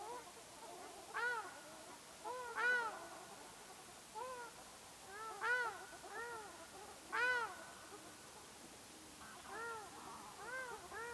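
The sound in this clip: Ruddy shelduck calling in nasal, arched honks, in bursts of several notes every few seconds.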